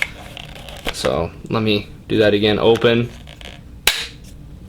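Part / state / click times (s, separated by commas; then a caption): trail camera housing latch closing onto the camera body / seated / 3.9 s. A Radix trail camera's housing is opened and closed again to repeat the demonstration while someone talks. The plastic latch on the housing snaps shut onto the camera body with a loud, sharp snap at 3.9 s, closing loud but opening quietly.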